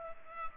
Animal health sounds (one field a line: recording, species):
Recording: mosquito wingbeat signal from an infrared sensor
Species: Culex pipiens